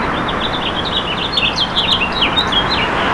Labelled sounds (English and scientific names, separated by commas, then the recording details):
House Finch (Haemorhous mexicanus) song
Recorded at Merrick on Long Island, New York, on 17 May 2013
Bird G